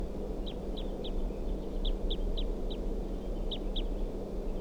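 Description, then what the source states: Crossbill calling: about nine clipped, high chip notes in small groups, against a constant low hum. Wild female calling from a ponderosa pine across the road after leaving a captive bird's cage, about 4:53–4:55 p.m.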